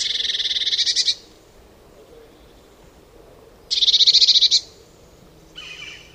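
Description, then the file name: Eurasian blue tit repeating a harsh churring rattle twice, each about a second of fast buzzy pulses, then a brief lower scratchy note. "Cyanistes caeruleus"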